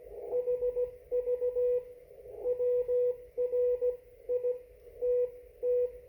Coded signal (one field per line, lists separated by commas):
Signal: Morse code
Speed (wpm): 16 wpm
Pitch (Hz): 490 Hz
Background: radio noise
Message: HV WRITT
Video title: 1 watt CQ and CW (Morse code) ham amateur radio conversation 2020-11-24, 17:07 UTC